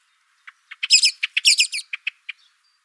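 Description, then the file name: Common blackbird chattering call: a few sharp single notes, then dense harsh bursts around one and one and a half seconds, followed by a few spaced clipped notes. "Turdus merula"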